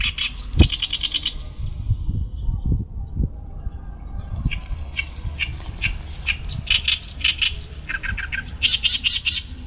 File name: kerakbasi besar